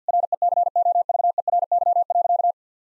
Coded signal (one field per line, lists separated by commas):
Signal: Morse code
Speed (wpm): 50 wpm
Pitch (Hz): 700 Hz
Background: none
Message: RECOVERY.